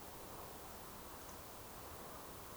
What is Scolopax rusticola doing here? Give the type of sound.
whistle